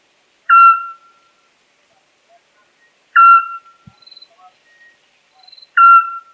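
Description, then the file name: Eurasian scops owl calling with clear, monotonous whistled hoots, three evenly spaced notes roughly every two and a half seconds, with faint twittering in the gaps. "Golosa ptic i zverei - Sovka-spliushka"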